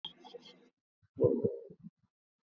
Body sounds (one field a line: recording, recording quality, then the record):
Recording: sustained vowel as in boot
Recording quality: poor, much background noise or distortion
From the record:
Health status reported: COVID-19 positive, mild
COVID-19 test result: positive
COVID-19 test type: RT-PCR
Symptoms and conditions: fever, loss of smell and taste, diabetes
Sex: male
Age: 28 years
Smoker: yes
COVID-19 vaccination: both doses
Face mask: worn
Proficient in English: yes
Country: India